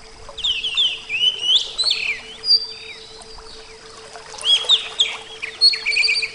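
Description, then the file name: Oriental magpie-robin song, a rich run of varied whistles, rising and falling notes and scratchy phrases in two bursts, over a steady faint hum. Therapy or training recording for captive birds. "terapi kacer"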